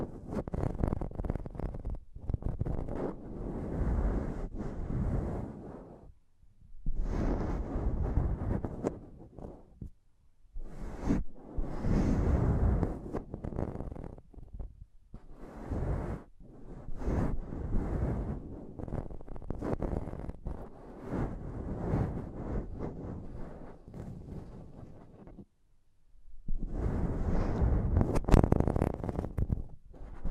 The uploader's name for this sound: Intense Mic Tapping and Scratching Sounds